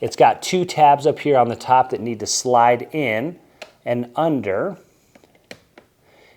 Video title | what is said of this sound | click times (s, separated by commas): How to Use the Shark Navigator Lift Away Deluxe | And then you just push it in and it'll snap into place. | 5.5 s